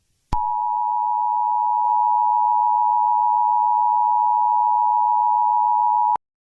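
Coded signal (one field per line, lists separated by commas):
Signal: Emergency Alert System (SAME) tones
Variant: 853 and 960 Hz attention tone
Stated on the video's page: Fictional EAS scenario.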